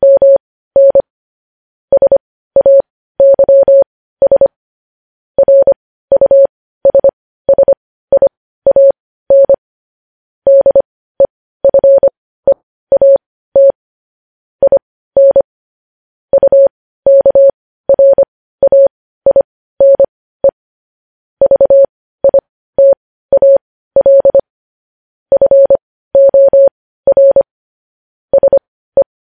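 Morse code beeps at a single steady mid-pitched tone, short and long bursts in irregular clusters separated by brief silences throughout.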